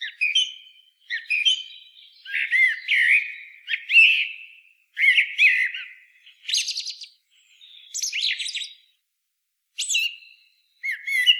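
Common blackbird singing: a run of short, varied phrases, fluty swoops mixed with high, scratchy chirps, with brief pauses.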